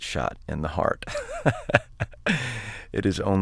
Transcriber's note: soundbite of laughter